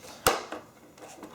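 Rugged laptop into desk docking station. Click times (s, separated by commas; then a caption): 0.3 s. A Dell rugged laptop is pressed onto a rugged desk docking station without enough force, giving a sharp click at 0.3 s. A few fainter knocks follow, but the laptop is not locked in place.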